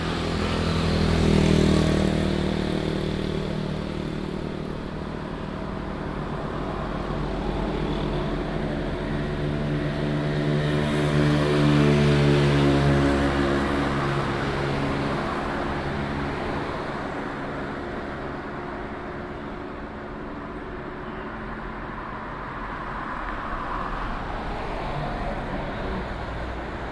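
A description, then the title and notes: Traffic along the Malecón in Puerto Plata, a steady low rumble of engines that swells as vehicles pass, loudest near the start and again around ten to thirteen seconds. A heavier engine drones with a rising, whining tone through the middle, then the traffic eases to a softer hum. Malecón – Puerto Plata, Dominican Republic (Binaural Field Recording). I left Long Beach and walked to the Malecón. I found a shady spot near the beachside bars and chiringuitos.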